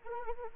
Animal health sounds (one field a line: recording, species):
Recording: mosquito wingbeat signal from an infrared sensor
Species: Anopheles arabiensis